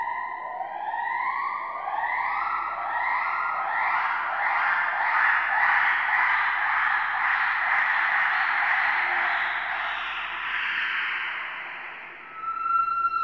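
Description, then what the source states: Gibbon calls, a continuous series of loud rising whoops climbing in pitch and merging into a sustained wail, ending with a sharp rising note. Yelling at a zoo.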